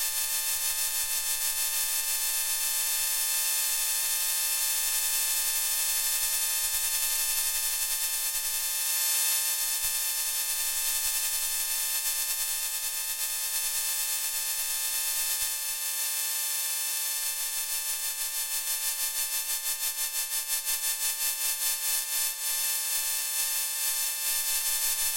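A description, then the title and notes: A Kindle picked up through induction coils gives a steady electrical hum: a stack of sharp, unchanging tones from the mids up into a bright, hissy top. Loudness stays nearly constant, with faint low thumps scattered through and a slight pulsing flutter after about seventeen seconds. Kindle recorded with a pair of induction coils (JrF) + Sony PCM D50.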